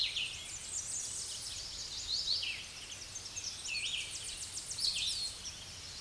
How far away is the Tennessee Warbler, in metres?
about 40 m